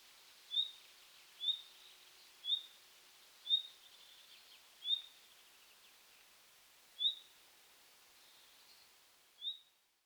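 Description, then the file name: Common nightingale repeating thin, rising whistled notes at irregular intervals of one to two and a half seconds, with a few softer notes between, against low background hiss. "Luscinia megarhynchos"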